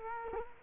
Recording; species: mosquito wingbeat signal from an infrared sensor; Culex quinquefasciatus